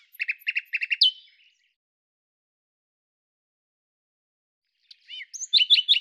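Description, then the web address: Common nightingale song: a run of evenly repeated notes ending in a brighter note, a pause, then a new phrase of whistled and chirping notes. "Deverinetal 2025"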